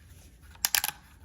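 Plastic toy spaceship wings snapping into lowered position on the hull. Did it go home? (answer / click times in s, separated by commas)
yes / 0.7 s, 0.8 s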